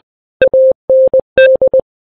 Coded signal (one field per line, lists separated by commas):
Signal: Morse code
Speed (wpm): 20 wpm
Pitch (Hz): 520 Hz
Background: none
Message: AND